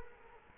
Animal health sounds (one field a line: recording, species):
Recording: mosquito wingbeat signal from an infrared sensor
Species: Culex quinquefasciatus